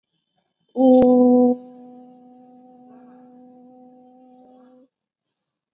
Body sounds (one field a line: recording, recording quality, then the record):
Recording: sustained vowel as in boot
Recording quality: excellent, no background noise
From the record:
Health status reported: COVID-19 positive, mild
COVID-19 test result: positive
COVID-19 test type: rapid antigen test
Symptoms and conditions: cough, sore throat, fever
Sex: female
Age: 18 years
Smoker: no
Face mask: worn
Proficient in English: yes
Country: India